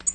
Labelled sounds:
Tennessee Warbler flight call

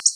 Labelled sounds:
Black-throated Blue Warbler flight call

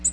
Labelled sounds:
Black-throated Green Warbler flight call

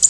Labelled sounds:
Canada Warbler flight call

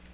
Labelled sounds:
Cape May Warbler flight call

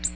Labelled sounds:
Ovenbird flight call

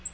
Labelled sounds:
Black-throated Green Warbler flight call

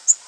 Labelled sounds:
Orange-crowned Warbler flight call

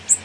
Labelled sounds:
Blue-winged Warbler flight call

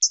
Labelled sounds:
Hooded Warbler flight call

